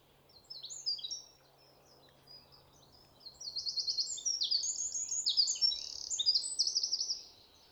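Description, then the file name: Eurasian wren song: a brief burst of high notes, a pause, then a long rapid outpouring of ringing trills and chattering phrases that ends abruptly. "Troglodytes troglodytes"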